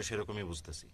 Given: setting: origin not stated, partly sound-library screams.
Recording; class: one-second piece from a danger detection set; normal situation